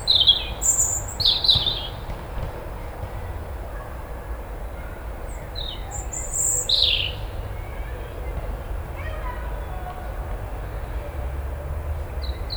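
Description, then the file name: European robin song: a few high, thin, wavering phrases at the start and again midway, with soft low rumble throughout. "Erithacus rubecula"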